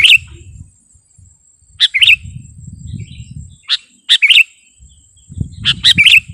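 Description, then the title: Sooty-headed bulbul singing repeated bright, bubbling phrases every second or two, over a constant high whine and low background rumble. "kutilang"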